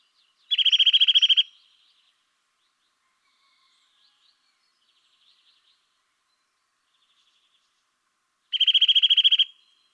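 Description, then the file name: Eurasian nuthatch repeats a loud, rapid trill of clear piping notes twice, roughly eight seconds apart, with near silence and a few faint ticks between. "Sitta europaea"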